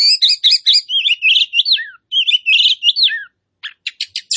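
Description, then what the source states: Oriental magpie-robin singing a quick varied phrase of sweet whistles and trills, then a short gap and several sharp clipped notes. Kacer poci form of the magpie-robin, singing vigorously (gacor).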